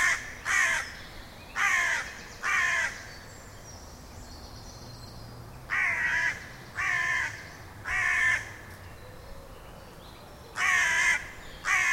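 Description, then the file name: Carrion crow giving harsh, hoarse caws in short bursts with pauses between them. "Corvus corone"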